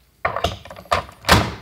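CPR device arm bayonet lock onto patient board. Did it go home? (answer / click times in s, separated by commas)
yes / 0.2 s, 0.9 s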